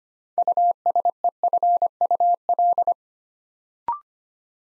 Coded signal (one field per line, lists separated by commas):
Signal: Morse code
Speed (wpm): 25 wpm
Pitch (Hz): 700 Hz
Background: none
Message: USEFUL